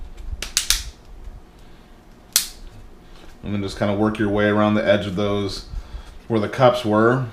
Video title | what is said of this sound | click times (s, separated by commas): Fat Shark Dominator V2 Faceplate install w/ new velcro pads! | and make sure that it's all seated you hear it snapped a couple of times and that's all there is to it | 0.4 s, 0.6 s, 0.7 s, 2.4 s